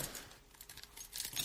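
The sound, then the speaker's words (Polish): Faint metallic clicking and light scraping, like a small key being turned over in the hand, with soft irregular clinks and no voices. “Pamięta pani ten klucz?”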